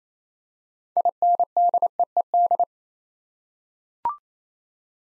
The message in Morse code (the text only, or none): INDEED